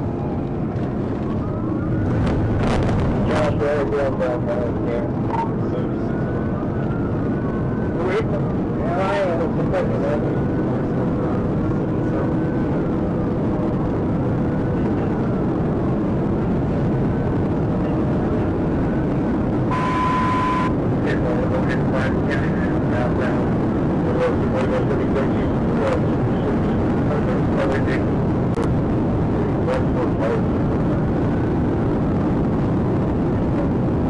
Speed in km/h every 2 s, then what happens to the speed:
143, 148, 153, 161, 167, 174, 175, 185, 190, 193, 195, 200, 201, 201, 203, 204, 206.
0-34 speeds up to 206.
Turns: none.